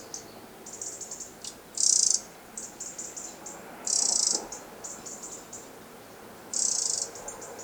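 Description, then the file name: Eurasian wren giving dry, buzzy rattling calls: three loud bursts of about half a second each, with softer high chirping notes between them. "Troglodytes troglodytes"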